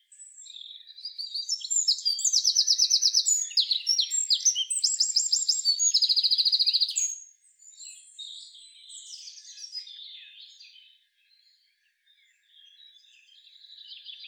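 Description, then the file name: Eurasian wren singing a powerful, fast song of shrill notes and rattling trills for several seconds, then softer high twittering with brief pauses. "Troglodytes troglodytes"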